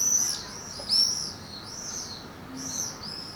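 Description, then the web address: Swifts give shrill, high screaming calls in short arched bursts, three passes in a few seconds over a faint steady background hiss. "Effects 02-Birds, Insects Animals. Birds Swifts Housemartins"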